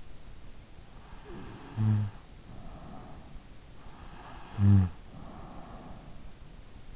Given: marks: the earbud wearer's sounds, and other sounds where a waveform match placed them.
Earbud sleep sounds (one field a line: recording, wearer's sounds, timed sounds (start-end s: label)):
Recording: sounds in sleep by an in-ear microphone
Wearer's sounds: snoring breath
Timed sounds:
1.28-3.44 s: snoring breath
4.23-6.32 s: snoring breath